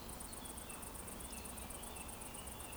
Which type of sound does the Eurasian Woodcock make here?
whistle